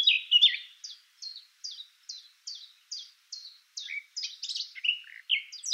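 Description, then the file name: Eurasian blackcap singing: a steady series of short descending notes, breaking into a livelier warble. "Sylvia atricapilla"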